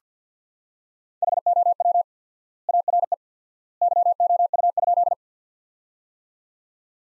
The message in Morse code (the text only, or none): HOW ARE YOU?